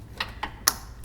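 A vehicle headlight wiring connector is slid into the large blue HID kit harness connector. A few faint clicks lead up to one sharp, loud click at 0.7 s. The connector is seated.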